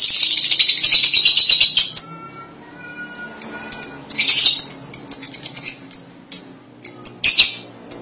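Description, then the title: Lovebird calls: a dense shrill chatter for two seconds, then sharp high chirps and squeaky bursts repeated irregularly. "BM Suara Burung Lovebird"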